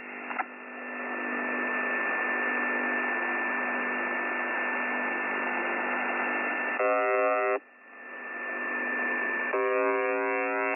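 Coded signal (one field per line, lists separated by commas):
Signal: numbers station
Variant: UVB-76 (The Buzzer)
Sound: radio hiss with a faint steady tone, then two short harsh buzzes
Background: radio static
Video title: UVB-76 4625 kHz USB voice message 14.01.13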